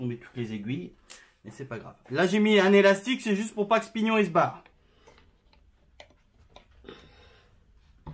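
During gearbox reassembly in a PW80 moped engine crankcase, a metal gear pinion with needle bearings is being fitted onto its shaft, with a rubber band added to keep the pinion from slipping out. Someone talks for the first four and a half seconds, then faint, short metallic taps and handling clicks are heard around 5.2, 6.0, 6.6, 6.9 and 8.1 seconds. The pinion has not seated on its shaft yet.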